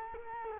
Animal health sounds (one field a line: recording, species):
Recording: mosquito wingbeat signal from an infrared sensor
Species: Culex quinquefasciatus